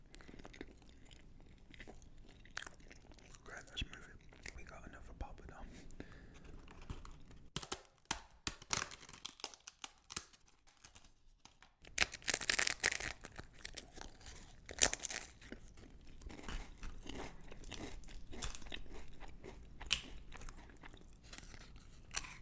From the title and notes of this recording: Eating Lamb Bhuna Curry With Garlic Naan Bread & Poppadum's (ASMR MUKBANG).